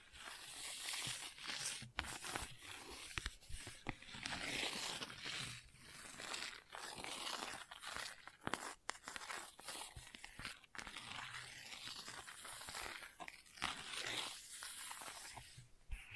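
Gentle scratching runs without pause for the whole clip, a dense, bright, crackly rasp. Sharp clicks and crunchy snaps break through irregularly, several per second, with louder ones near 2, 8.5 and 10.5 seconds. The level stays fairly even throughout.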